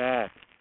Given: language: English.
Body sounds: throat vibration sensor signal played as sound; speech

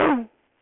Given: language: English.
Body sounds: throat vibration sensor signal played as sound; throat clearing

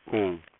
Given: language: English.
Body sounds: throat vibration sensor signal played as sound; speech

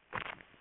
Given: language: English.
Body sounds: throat vibration sensor signal played as sound; swallow

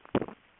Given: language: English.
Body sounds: throat vibration sensor signal played as sound; swallow

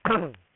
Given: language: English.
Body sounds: throat vibration sensor signal played as sound; throat clearing

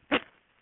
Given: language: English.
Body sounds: throat vibration sensor signal played as sound; cough

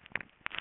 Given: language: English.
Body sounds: throat vibration sensor signal played as sound; swallow

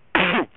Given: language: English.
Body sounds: throat vibration sensor signal played as sound; cough

